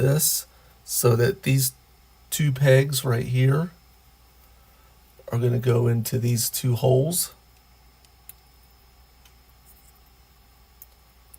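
Someone talks while handling two plastic parts from a Blokees Transformers Classic Optimus Prime kit, lining up two pegs on one part with two holes in the other before pressing them home. After the talking stops, only faint small ticks of plastic handling are heard, around 8.3 s, 10.8 s and 11.3 s. Nothing has seated or clicked yet.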